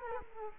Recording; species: mosquito wingbeat signal from an infrared sensor; Culex quinquefasciatus